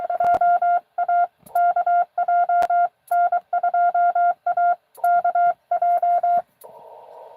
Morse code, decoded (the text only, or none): OAKJ N2AKJ